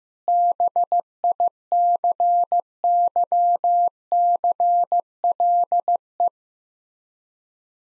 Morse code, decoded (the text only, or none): BICYCLE